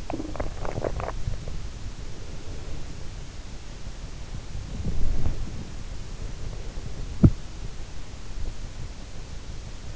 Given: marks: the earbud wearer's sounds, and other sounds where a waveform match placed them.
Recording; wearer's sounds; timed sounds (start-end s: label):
sounds in sleep by an in-ear microphone; swallowing
0.00-1.57 s: swallowing
7.19-7.39 s: sound from someone else or the room